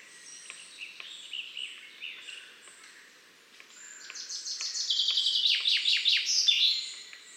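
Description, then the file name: Common chaffinch song: after quiet high chirps, a loud run of trilled notes dropping in pitch and ending in a short flourish. "Fringilla coelebs"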